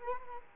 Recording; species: mosquito wingbeat signal from an infrared sensor; Culex quinquefasciatus